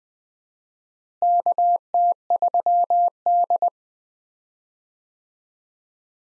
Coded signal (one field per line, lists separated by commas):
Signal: Morse code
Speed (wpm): 20 wpm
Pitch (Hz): 700 Hz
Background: none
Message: KT3D